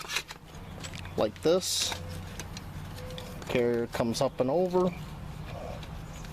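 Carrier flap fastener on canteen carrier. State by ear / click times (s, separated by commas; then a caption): not seated / none. The fabric flap of a canteen carrier is brought up and over a Pathfinder canteen cookset while someone talks, with faint handling rustles and light taps underneath. The flap's fastener has not been pressed closed, and nothing has clicked or seated yet.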